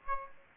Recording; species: mosquito wingbeat signal from an infrared sensor; Aedes aegypti